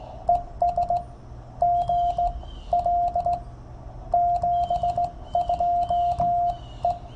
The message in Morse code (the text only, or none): ES GL 72E